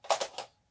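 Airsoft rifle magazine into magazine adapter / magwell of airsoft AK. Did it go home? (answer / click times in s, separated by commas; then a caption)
no / none. An airsoft AK magazine of a mixed make is pushed into the magazine adapter of a Tokyo Marui recoil AK47, giving a soft contact at 0.0 s and two sharp plastic-sounding knocks at 0.1 s and 0.4 s. The magazine doesn't fit the adapter, and nothing has seated or clicked in.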